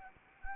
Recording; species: mosquito wingbeat signal from an infrared sensor; Anopheles arabiensis